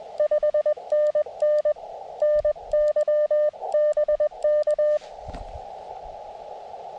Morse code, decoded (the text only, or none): 5NN NYBK